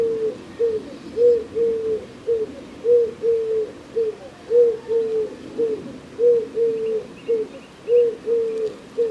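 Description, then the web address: Bird cooing in steady repeated phrases, each a few low hooted notes, continuing throughout. "Deverinetal 2025 File origin Bird Only"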